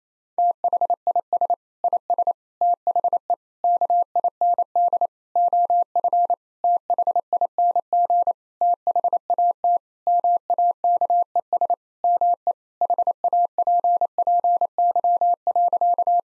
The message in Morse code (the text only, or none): THIS IS THE KIND OF THING THAT MAKES ME HAPPY.